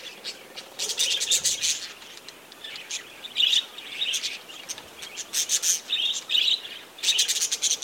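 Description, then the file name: Budgerigar flock calls, rapid scratchy chirps and warbling notes in repeated bursts with brief pauses between them. Budgerigars near Gosses Bluff, Northern Territory. "BIRD-budgies-nr-gosses-bluff nt"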